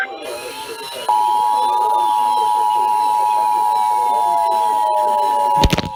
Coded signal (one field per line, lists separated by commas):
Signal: Emergency Alert System (SAME) tones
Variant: 853 and 960 Hz attention tone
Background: speech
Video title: NOAA Radio (EAS # 316-337) PDS TOA, TOA, SVR's, TOR's